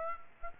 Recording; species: mosquito wingbeat signal from an infrared sensor; Aedes aegypti